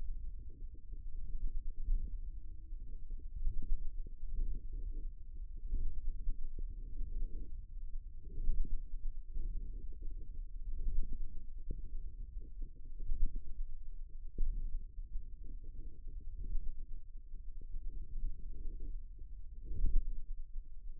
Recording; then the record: forearm muscle sounds (acoustic myography)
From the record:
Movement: forearm pronation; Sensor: system 1, eight BSWA MPA416 microphones around the upper forearm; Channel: 8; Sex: male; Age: 54 years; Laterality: right